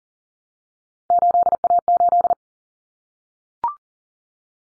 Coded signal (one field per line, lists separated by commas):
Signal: Morse code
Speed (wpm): 37 wpm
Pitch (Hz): 700 Hz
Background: none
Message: 8A8